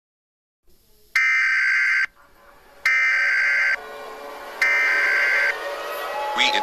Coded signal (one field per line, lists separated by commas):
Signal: Emergency Alert System (SAME) tones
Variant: header bursts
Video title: ALL OF MY EAS SCENARIOS COMPILATION FROM 2022!!!